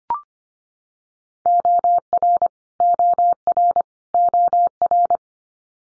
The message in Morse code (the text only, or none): OR OR OR